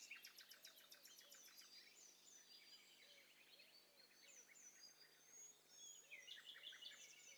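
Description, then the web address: Birds: mixed bird chorus: a rapid high stuttering series opens, then thin whistles, twittering chatter and a soft low looping note recurring now and then. Several birds calling at once, in hi-fi stereo. "Hi Fi STEREO BIRD COCKTAIL PARTY Challenge"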